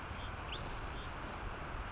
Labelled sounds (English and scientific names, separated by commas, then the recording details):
Spotted Towhee (Pipilo maculatus)
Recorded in Sonoma County, California